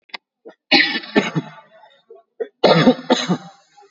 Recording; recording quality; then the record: shallow voluntary cough; excellent, no background noise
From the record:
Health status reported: COVID-19 positive, mild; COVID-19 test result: positive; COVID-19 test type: RT-PCR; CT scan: taken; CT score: 16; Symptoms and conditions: cough, cold, fatigue, diabetes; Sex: male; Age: 43 years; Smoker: no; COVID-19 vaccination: both doses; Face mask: not worn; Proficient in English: yes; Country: India